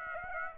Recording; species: mosquito wingbeat signal from an infrared sensor; Aedes aegypti